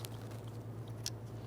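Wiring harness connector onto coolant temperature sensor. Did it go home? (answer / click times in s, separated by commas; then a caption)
no / none. A plastic wiring harness connector is lined up on the coolant temperature sensor of a 1999-2004 Jeep Grand Cherokee during a MAP sensor replacement, about to be pushed down. Brief plastic handling ticks come at 0.1 s and 1.1 s over a steady low hum. Nothing has seated or locked into place yet.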